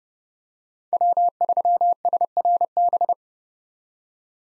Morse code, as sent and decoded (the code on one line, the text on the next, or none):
.-- ...-- ... .-. -...
W3SRB